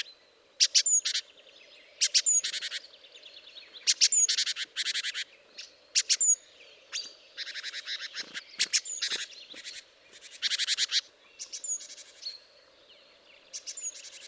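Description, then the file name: Great tit calls: many repeated harsh churring rattles, each burst a rapid string of buzzy notes, with a steady low hum beneath. "Parus major"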